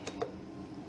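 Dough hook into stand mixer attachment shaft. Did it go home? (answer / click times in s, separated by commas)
yes / 0.1 s, 0.2 s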